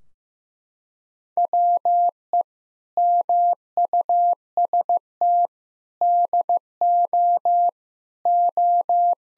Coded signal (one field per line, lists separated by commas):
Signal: Morse code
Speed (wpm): 15 wpm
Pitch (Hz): 700 Hz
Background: none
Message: WE MUST DO O